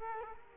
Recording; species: mosquito wingbeat signal from an infrared sensor; Culex quinquefasciatus